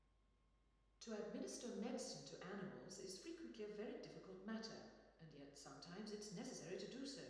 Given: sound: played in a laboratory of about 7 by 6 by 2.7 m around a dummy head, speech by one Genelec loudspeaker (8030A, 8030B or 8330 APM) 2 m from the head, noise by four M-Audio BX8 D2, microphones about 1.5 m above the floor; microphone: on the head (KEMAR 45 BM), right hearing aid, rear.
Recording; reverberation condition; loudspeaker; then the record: female speech in English; high; 120 degrees to the right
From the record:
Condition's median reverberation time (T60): about 1300 ms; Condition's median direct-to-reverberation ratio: about -4.0 dB